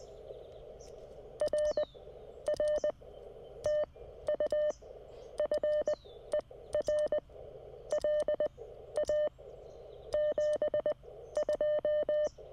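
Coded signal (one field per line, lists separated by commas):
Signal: Morse code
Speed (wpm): 20 wpm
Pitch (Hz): 600 Hz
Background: none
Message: RR TU FER LA 72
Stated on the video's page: Morse sent during a Parks on the Air state park activation.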